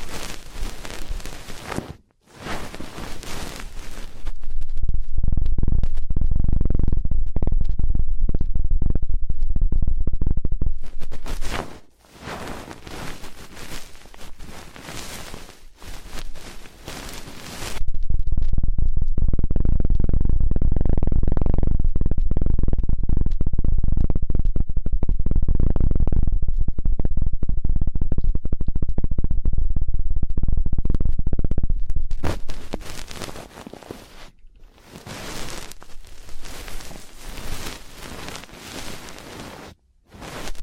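Ear cleaning sounds alternate between crisp, hissy scratching and louder, thick rumbling rubs, switching every several seconds with brief quiet gaps between.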